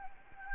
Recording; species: mosquito wingbeat signal from an infrared sensor; Anopheles gambiae